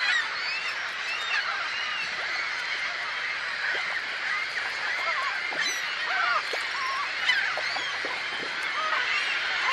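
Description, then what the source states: Birds calling in a dense flock, many overlapping squeaky and honking notes forming a constant chattering din throughout. A flock of birds on the sea shore.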